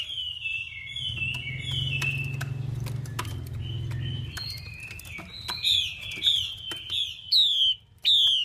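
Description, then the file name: Chinese hwamei song: flowing varied warbles over a low rumble, building to loud, sharp downslurred whistles near the end. Female hwamei voice used to stimulate male birds. "Tieng chim hoa mi mai kich trong"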